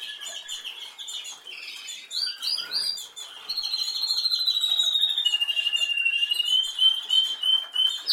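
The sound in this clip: Canary song starting with quick chirps, then a long rolling trill that slowly falls and levels out, ending in pulsed notes.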